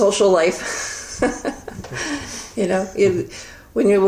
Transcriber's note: laughter